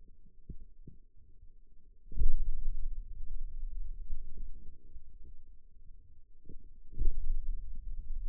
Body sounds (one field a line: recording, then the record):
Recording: forearm muscle sounds (acoustic myography)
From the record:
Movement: pen grasping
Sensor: system 2, bracelet of six BSWA MPA416 microphones around the upper forearm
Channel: 2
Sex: male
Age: 22 years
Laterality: right